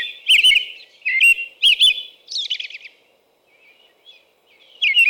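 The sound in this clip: American robin song with several fluty caroling phrases, one harsher fluttering note, a brief silence, then another whistled phrase begins.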